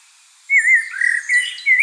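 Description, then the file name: Common blackbird giving a short fluty, warbled phrase with mellow whistled notes, dipping and rising, lasting about one and a half seconds. "Turdus merula"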